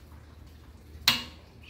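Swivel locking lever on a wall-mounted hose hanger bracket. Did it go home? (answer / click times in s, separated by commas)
no / none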